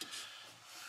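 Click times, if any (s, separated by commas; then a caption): none. A Frigidaire IM117000 plastic ice maker unit is slid back into its freezer wall mount clip, giving a short scraping, rubbing sound with a brief sharp onset at the start. The part is handled but not yet home, and nothing has seated or clicked yet.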